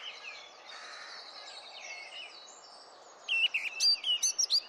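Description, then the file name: Eurasian blackcap song: soft warbling at first, followed by a louder burst of quick, sharp chirps and whistles over a background hiss. "Sylvia atricapilla"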